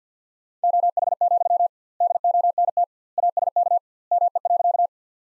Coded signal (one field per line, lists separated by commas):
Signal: Morse code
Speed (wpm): 50 wpm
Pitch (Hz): 700 Hz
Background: none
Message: OH, DONT ASK ME.